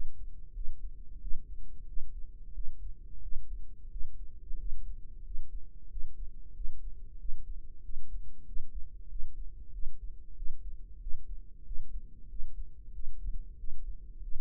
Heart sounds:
heart sounds by microphone in the right ear; 92 bpm
0.56 s: heartbeat
1.22 s: heartbeat
1.88 s: heartbeat
2.55 s: heartbeat
3.23 s: heartbeat
3.91 s: heartbeat
4.59 s: heartbeat
5.25 s: heartbeat
5.91 s: heartbeat
6.56 s: heartbeat
7.20 s: heartbeat
7.84 s: heartbeat
8.47 s: heartbeat
9.10 s: heartbeat
9.74 s: heartbeat
10.37 s: heartbeat
11.02 s: heartbeat
11.66 s: heartbeat
12.30 s: heartbeat
12.94 s: heartbeat
13.59 s: heartbeat
14.23 s: heartbeat
From the record:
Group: healthy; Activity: rest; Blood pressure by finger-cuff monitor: 152/88 mmHg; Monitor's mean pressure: 104 mmHg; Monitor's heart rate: 94 bpm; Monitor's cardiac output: 7.5 L/min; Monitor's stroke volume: 79 mL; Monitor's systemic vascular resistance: 1040 dyn s/cm5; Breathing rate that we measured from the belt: 17 breaths a minute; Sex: male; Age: 21 years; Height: 175 cm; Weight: 72.6 kg

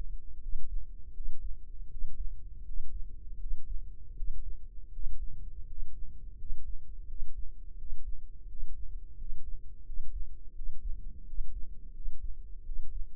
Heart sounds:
heart sounds by microphone in the left ear; 83 bpm
0.39 s: heartbeat
1.12 s: heartbeat
1.88 s: heartbeat
2.62 s: heartbeat
3.37 s: heartbeat
4.13 s: heartbeat
4.89 s: heartbeat
5.64 s: heartbeat
6.35 s: heartbeat
7.05 s: heartbeat
7.75 s: heartbeat
8.45 s: heartbeat
9.14 s: heartbeat
9.83 s: heartbeat
10.52 s: heartbeat
11.23 s: heartbeat
11.91 s: heartbeat
12.62 s: heartbeat
From the record:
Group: healthy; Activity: rest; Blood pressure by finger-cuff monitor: 89/66 mmHg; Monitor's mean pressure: 72 mmHg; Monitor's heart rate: 81 bpm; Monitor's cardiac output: 5.2 L/min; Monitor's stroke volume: 62 mL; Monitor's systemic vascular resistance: 980 dyn s/cm5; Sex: male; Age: 22 years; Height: 181 cm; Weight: 60 kg

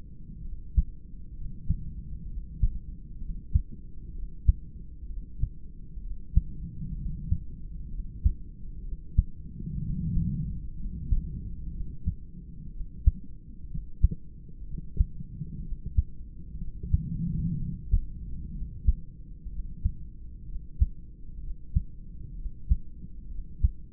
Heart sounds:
heart sounds by stethoscope; 63 bpm
0.41 s: heartbeat
1.34 s: heartbeat
2.26 s: heartbeat
3.18 s: heartbeat
4.12 s: heartbeat
5.06 s: heartbeat
6.00 s: heartbeat
6.95 s: heartbeat
7.88 s: heartbeat
8.81 s: heartbeat
9.80 s: heartbeat
10.75 s: heartbeat
11.71 s: heartbeat
12.70 s: heartbeat
13.67 s: heartbeat
14.64 s: heartbeat
15.62 s: heartbeat
16.57 s: heartbeat
17.57 s: heartbeat
18.52 s: heartbeat
19.49 s: heartbeat
20.45 s: heartbeat
21.40 s: heartbeat
22.35 s: heartbeat
23.28 s: heartbeat
From the record:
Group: heart failure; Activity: rest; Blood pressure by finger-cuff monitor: 111/74 mmHg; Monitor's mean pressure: 86 mmHg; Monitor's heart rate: 63 bpm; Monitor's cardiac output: 3.7 L/min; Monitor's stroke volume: 59 mL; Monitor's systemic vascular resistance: 1730 dyn s/cm5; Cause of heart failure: idiopathic cardiomyopathy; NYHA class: 2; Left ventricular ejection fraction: 17%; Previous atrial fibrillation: present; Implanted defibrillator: present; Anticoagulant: edoxaban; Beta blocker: bisoprolol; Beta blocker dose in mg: 7.5 twice daily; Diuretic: furosemide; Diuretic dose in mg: 20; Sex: male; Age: 63 years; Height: 160 cm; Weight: 69 kg

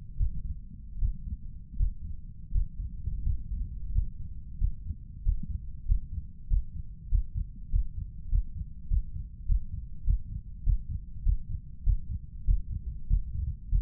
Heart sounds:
heart sounds by stethoscope; 93 bpm
0.15 s: heartbeat
0.97 s: heartbeat
1.75 s: heartbeat
2.50 s: heartbeat
3.21 s: heartbeat
3.90 s: heartbeat
4.57 s: heartbeat
5.21 s: heartbeat
5.84 s: heartbeat
6.46 s: heartbeat
7.07 s: heartbeat
7.68 s: heartbeat
8.28 s: heartbeat
8.86 s: heartbeat
9.44 s: heartbeat
10.03 s: heartbeat
10.62 s: heartbeat
11.22 s: heartbeat
11.82 s: heartbeat
12.43 s: heartbeat
13.06 s: heartbeat
13.68 s: heartbeat
From the record:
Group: healthy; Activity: Valsalva maneuver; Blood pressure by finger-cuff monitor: 104/78 mmHg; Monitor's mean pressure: 83 mmHg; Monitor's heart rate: 99 bpm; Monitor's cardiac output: 5.6 L/min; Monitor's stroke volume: 56 mL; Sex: male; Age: 35 years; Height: 178 cm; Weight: 64 kg

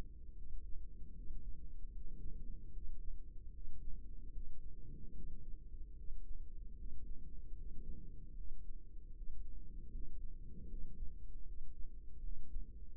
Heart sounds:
heart sounds by microphone in the right ear; 76 bpm
0.34 s: heartbeat
1.12 s: heartbeat
1.90 s: heartbeat
2.71 s: heartbeat
3.51 s: heartbeat
4.30 s: heartbeat
5.12 s: heartbeat
5.94 s: heartbeat
6.75 s: heartbeat
7.54 s: heartbeat
8.34 s: heartbeat
9.12 s: heartbeat
9.90 s: heartbeat
10.67 s: heartbeat
11.43 s: heartbeat
12.20 s: heartbeat
12.96 s: heartbeat
From the record:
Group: healthy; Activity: rest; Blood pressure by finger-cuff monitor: 101/73 mmHg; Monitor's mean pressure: 84 mmHg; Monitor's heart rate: 76 bpm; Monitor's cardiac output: 5.6 L/min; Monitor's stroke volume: 74 mL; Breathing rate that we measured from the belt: 21 breaths a minute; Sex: female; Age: 32 years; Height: 172 cm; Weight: 71.7 kg

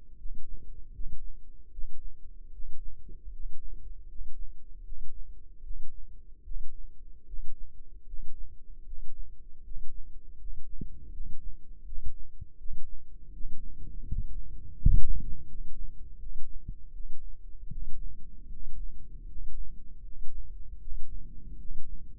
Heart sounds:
heart sounds by microphone in the left ear; 78 bpm
0.16 s: heartbeat
0.91 s: heartbeat
1.69 s: heartbeat
2.50 s: heartbeat
3.30 s: heartbeat
4.06 s: heartbeat
4.82 s: heartbeat
5.61 s: heartbeat
6.42 s: heartbeat
7.25 s: heartbeat
8.04 s: heartbeat
8.83 s: heartbeat
9.62 s: heartbeat
10.37 s: heartbeat
11.10 s: heartbeat
11.84 s: heartbeat
12.56 s: heartbeat
13.31 s: heartbeat
14.04 s: heartbeat
14.75 s: heartbeat
15.46 s: heartbeat
16.18 s: heartbeat
16.91 s: heartbeat
17.68 s: heartbeat
18.48 s: heartbeat
19.25 s: heartbeat
20.02 s: heartbeat
20.78 s: heartbeat
21.56 s: heartbeat
From the record:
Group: healthy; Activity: rest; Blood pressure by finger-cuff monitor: 113/72 mmHg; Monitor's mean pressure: 81 mmHg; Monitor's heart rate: 80 bpm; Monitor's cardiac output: 6.5 L/min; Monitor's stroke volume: 81 mL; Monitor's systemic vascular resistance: 900 dyn s/cm5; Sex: male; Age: 35 years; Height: 180 cm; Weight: 86.9 kg

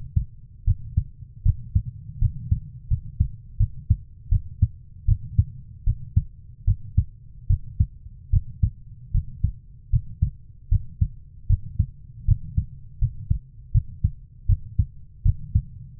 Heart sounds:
heart sounds by stethoscope; 78 bpm
0.64 s: heartbeat
1.43 s: heartbeat
2.19 s: heartbeat
2.88 s: heartbeat
3.57 s: heartbeat
4.29 s: heartbeat
5.05 s: heartbeat
5.84 s: heartbeat
6.65 s: heartbeat
7.47 s: heartbeat
8.30 s: heartbeat
9.12 s: heartbeat
9.90 s: heartbeat
10.69 s: heartbeat
11.47 s: heartbeat
12.25 s: heartbeat
12.99 s: heartbeat
13.72 s: heartbeat
14.46 s: heartbeat
15.23 s: heartbeat
15.98 s: heartbeat
From the record:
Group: healthy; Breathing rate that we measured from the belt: 18 breaths a minute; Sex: female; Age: 24 years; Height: 163 cm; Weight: 55.7 kg

